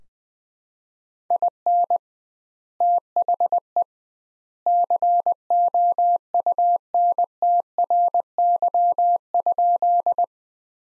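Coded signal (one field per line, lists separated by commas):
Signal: Morse code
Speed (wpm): 20 wpm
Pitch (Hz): 700 Hz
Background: none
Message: IN THE COUNTRY?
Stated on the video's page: Practice sentences from the top 300 words sent at 20 wpm with twice standard word spacing, a Farnsworth-like copying drill.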